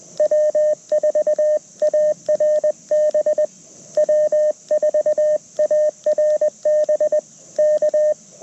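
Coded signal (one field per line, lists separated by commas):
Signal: Morse code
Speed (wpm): 20 wpm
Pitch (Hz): 590 Hz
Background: radio noise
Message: W4ARB W4ARB K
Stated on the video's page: QRP CW Parks on the Air activation from an LNR Precision Mountain Topper MTR4B V2.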